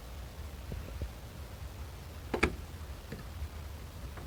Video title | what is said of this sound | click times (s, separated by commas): How to change sprockets and chain on a Suzuki LT 230E. | Whack it with something, get a screwdriver, but that's clicked in there pretty good, but I can see that that didn't set perfectly. | 2.4 s